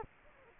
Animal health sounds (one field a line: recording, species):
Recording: mosquito wingbeat signal from an infrared sensor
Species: Culex quinquefasciatus